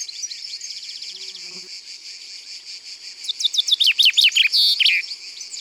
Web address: Pinson des arbres. abc de la nature